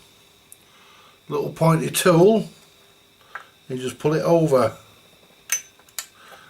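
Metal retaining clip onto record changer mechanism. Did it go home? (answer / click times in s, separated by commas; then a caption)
yes / 6.0 s. Someone talks while a small metal spring retaining clip on a school record player's changer mechanism is levered over into position with a little pointy tool, since the mechanism won't work properly otherwise. A sharp metallic click at 6.0 s marks the clip snapping into place, seated.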